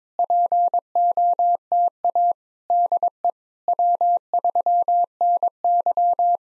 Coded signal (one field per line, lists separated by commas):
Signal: Morse code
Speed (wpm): 22 wpm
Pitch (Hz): 700 Hz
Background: none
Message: POTA DE W3NY